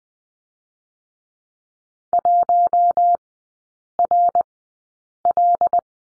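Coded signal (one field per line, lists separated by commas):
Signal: Morse code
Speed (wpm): 20 wpm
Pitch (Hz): 700 Hz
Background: none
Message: 1RL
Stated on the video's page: Morse code course lesson on the letter L, three characters, sent at a Farnsworth speed of 20/10 wpm.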